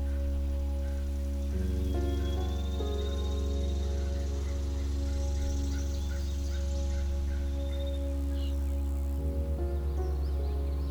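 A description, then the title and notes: Sustained, ringing piano chords hold steady over a deep, constant low drone, shifting to new notes around the second and third seconds and again near the ninth. Faint birdsong chirps sit high above, with a few clearer calls toward the end. Relaxing Music with Bird Sounds. The birds sing to each other while a piano melody.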